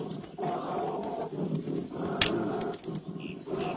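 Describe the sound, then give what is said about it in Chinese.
A large animal, an angry bear, lets out a deep, sustained roar with rough, throaty growling that swells and falls over several seconds, with a sharp crack partway through. “熊大哥，别生气。”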